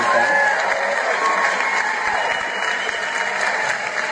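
applause

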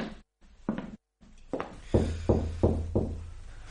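knocking on a door

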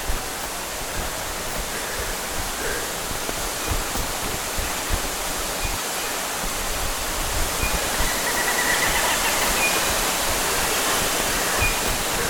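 waterfall rushing

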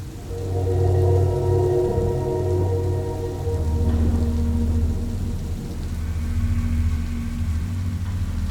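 heavy rain

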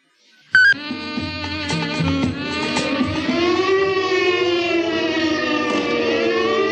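alarm siren

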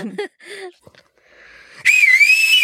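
person whistling

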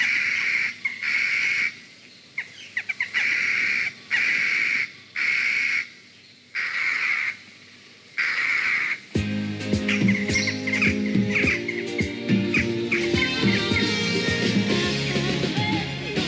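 crows cawing

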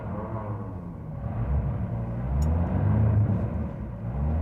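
car engine stalling

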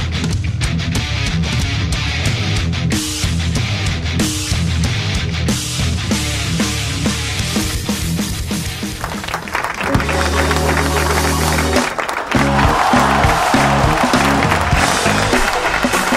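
applause sound effect

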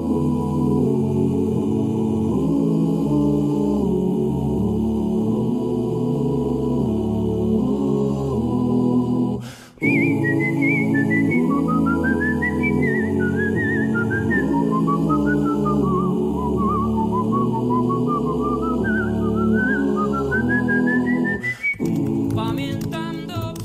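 whistled melody

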